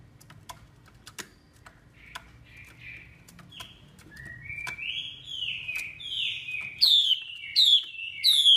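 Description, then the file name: Chinese hwamei calling: quiet scattered chips and soft warbles build into rising phrases, ending with three loud, downslurred whistles in quick succession. Female hwamei calling, a sound used to stimulate or excite male birds. "Tieng chim hoa mi mai kich trong"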